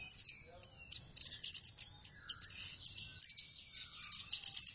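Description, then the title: Thrush song, a busy stream of high twittering notes and sliding whistles, phrases overlapping with barely a pause. "burung anis"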